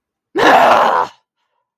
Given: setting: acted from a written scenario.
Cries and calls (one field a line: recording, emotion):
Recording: vocal sound without words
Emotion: anger